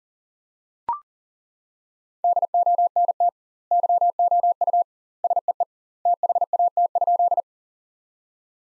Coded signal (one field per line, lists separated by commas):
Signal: Morse code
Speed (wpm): 40 wpm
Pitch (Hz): 700 Hz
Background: none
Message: DONT YOU SEE THAT?